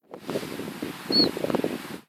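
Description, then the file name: Siberian chiffchaff call: one brief, level, high-pitched peep amid steady wind and rustling noise. "taigazilpzalp"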